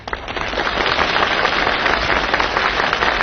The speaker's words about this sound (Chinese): 什么？观众那个虚假？不可能啊！你听观众的掌声，掌声如雷呀、啊！